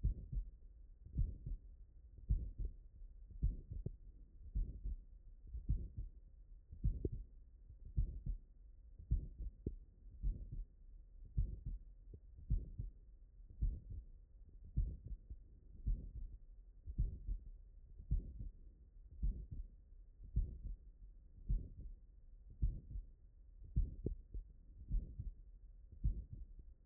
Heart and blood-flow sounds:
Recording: heart sounds by stethoscope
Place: tricuspid valve (TV)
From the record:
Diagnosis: non-HFrEF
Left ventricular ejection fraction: 63%

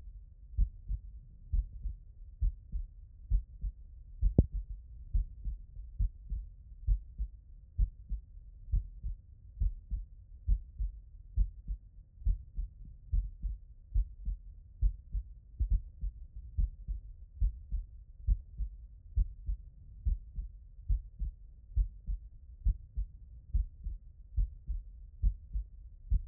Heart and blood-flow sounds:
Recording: heart sounds by stethoscope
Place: tricuspid valve (TV)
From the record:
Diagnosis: non-HFrEF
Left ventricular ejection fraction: 66%

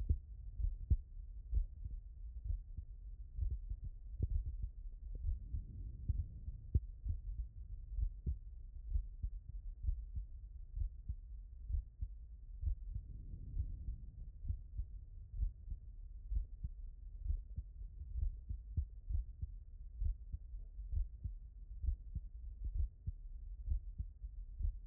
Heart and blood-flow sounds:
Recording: heart sounds by stethoscope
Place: tricuspid valve (TV)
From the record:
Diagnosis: non-HFrEF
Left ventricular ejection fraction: 70%

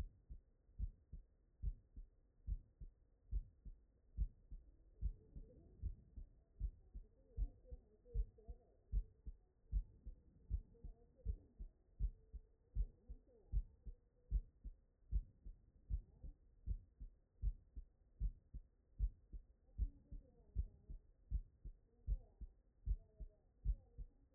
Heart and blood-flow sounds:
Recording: heart sounds by stethoscope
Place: tricuspid valve (TV)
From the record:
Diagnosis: non-HFrEF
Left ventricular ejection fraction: 66%

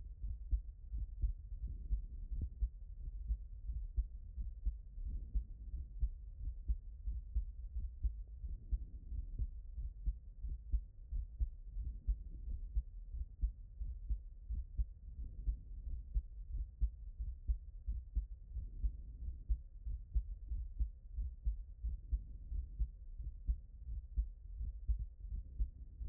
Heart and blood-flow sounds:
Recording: heart sounds by stethoscope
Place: pulmonary valve (PV)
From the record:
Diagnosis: HFrEF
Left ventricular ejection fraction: 30%

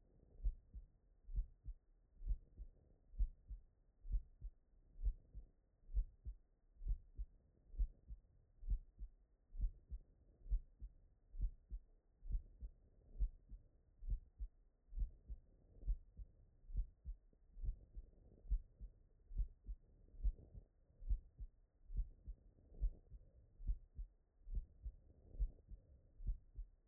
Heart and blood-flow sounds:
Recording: heart sounds by stethoscope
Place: tricuspid valve (TV)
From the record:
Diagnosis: non-HFrEF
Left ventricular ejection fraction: 60%

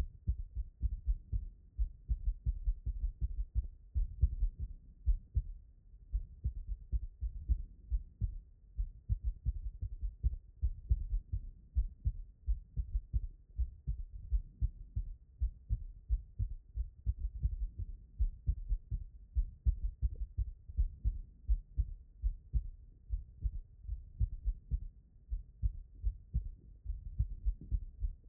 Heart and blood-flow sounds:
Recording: heart sounds by stethoscope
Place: pulmonary valve (PV)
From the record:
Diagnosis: non-HFrEF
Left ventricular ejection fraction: 50%

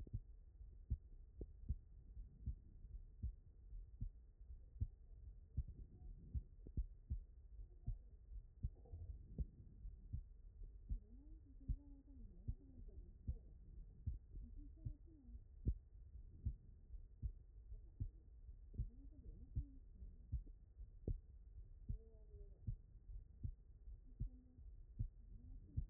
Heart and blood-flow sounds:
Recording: heart sounds by stethoscope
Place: pulmonary valve (PV)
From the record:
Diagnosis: non-HFrEF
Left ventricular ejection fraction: 70%

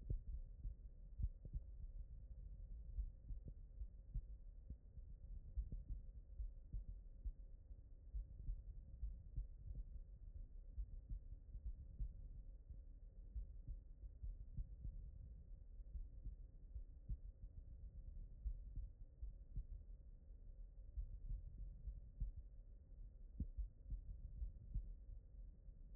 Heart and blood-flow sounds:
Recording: heart sounds by stethoscope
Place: aortic valve (AV)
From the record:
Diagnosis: non-HFrEF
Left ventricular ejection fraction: 55%

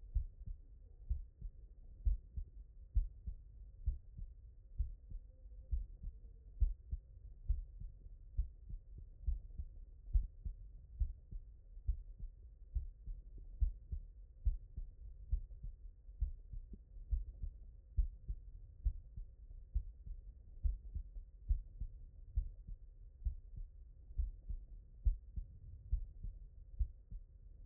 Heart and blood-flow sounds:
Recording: heart sounds by stethoscope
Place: mitral valve (MV)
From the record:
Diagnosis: non-HFrEF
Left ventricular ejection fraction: 63%

